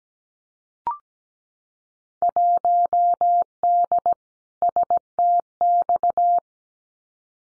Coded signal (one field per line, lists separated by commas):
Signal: Morse code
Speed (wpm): 17 wpm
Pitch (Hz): 700 Hz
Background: none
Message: 1D STX